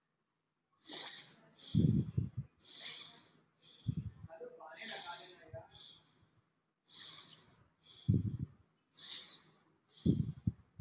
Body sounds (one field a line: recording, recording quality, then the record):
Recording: shallow breathing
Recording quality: excellent, no background noise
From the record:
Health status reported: healthy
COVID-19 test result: not tested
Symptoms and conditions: cough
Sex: male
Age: 18 years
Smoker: not ticked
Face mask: not worn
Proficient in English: yes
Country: India